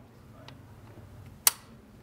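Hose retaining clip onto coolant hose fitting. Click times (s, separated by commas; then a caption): 1.5 s. A retaining clip is pushed back onto the coolant hose fitting to lock the hose in during a water pump and thermostat replacement on a BMW E83 X3 with the N52 engine. After a faint tick at 0.5 s, a loud, sharp snap rings out at 1.5 s. The clip is seated and the hose locked in.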